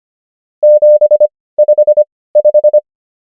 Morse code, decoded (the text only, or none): 755